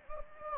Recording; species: mosquito wingbeat signal from an infrared sensor; Anopheles gambiae